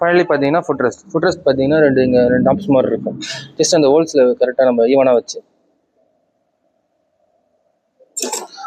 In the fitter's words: Just இந்த மாதிரி lock பண்ணிங்கன்னா லாக் ஆகிடும்.